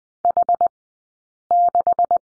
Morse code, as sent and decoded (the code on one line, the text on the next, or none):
.... -....
H6